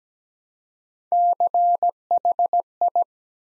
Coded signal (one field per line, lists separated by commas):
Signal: Morse code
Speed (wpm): 17 wpm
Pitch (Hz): 700 Hz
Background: none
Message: CHI